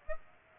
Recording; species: mosquito wingbeat signal from an infrared sensor; Aedes aegypti